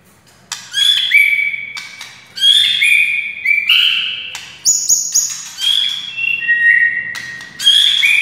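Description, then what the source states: White-rumped shama song: repeated phrases of sharp clicks followed by sliding whistled notes, with a high piercing note midway. Wild white-rumped shama (murai hutan).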